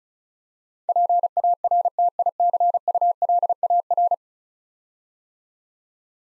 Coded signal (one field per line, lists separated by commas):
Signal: Morse code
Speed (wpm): 36 wpm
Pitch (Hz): 700 Hz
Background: none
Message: PARTICULAR